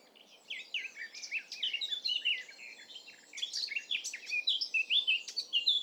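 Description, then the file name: Eurasian blackcap song: a fast, scratchy warble of varied high chirps and slurred notes, running almost continuously after a brief quiet start. "Sylvia atricapilla"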